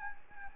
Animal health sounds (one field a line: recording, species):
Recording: mosquito wingbeat signal from an infrared sensor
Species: Anopheles arabiensis